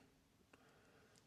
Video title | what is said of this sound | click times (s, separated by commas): I bought 23 lbs of Lego from Goodwill | Just clicked into place just like that. | 0.5 s, 1.2 s